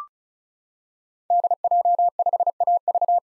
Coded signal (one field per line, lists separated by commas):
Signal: Morse code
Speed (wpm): 34 wpm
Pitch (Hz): 700 Hz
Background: none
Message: DJ5AV